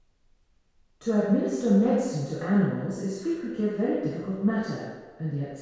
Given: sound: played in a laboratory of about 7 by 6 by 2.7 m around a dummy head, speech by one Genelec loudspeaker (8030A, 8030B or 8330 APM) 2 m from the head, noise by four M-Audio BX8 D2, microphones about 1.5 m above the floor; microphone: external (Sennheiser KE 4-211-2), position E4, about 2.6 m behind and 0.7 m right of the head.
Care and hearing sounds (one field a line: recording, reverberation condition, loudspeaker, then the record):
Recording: female speech in English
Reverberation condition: high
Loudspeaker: 150 degrees to the right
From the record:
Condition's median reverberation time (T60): about 1300 ms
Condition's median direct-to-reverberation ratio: about -4.0 dB